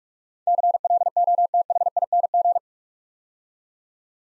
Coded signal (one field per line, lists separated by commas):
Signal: Morse code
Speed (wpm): 44 wpm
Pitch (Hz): 700 Hz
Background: none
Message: CLOTHING